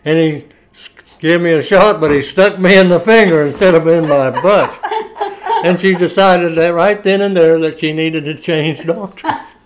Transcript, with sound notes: And he give me a shot, but he stuck me in the finger instead of in my butt! (laughing) And she decided that right then and there that she needed to change doctors.